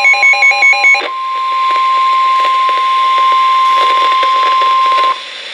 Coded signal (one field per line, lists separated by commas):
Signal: Emergency Alert System (SAME) tones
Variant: 1050 Hz attention tone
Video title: [BMH Fail] - NOAA Weather Radio EAS #418: Severe Thunderstorm Warning